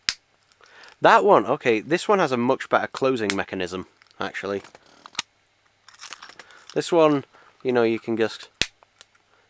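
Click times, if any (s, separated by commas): 8.6 s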